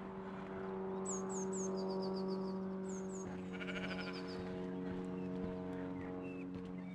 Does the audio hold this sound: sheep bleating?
yes